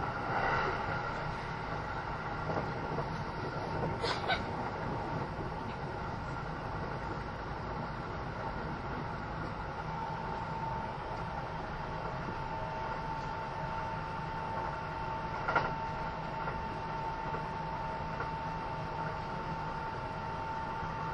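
Inside a Kintetsu 80000 series Hinotori train running between Kintetsu Nagoya and Isuzugawa, a steady low rumble and hum of the ride continues throughout. A faint high tone persists, with brief clanking thumps near four seconds and again around fifteen seconds.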